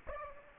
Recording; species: mosquito wingbeat signal from an infrared sensor; Aedes aegypti